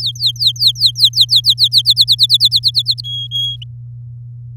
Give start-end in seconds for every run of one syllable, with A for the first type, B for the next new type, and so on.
0.00-1.82 A, 1.85-3.01 B, 3.04-3.56 C